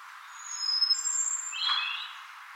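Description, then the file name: European robin with a pair of high piping whistles, then a tumbling run of descending twittery notes, backed by soft hiss. "Erithacus rubecula"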